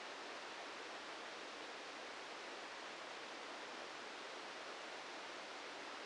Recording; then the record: brain microelectrode recording played as sound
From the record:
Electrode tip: inside the subthalamic nucleus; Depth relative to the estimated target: 2 mm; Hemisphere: left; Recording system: NeuroSet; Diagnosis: Parkinson's disease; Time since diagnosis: 14 years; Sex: male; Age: 51 years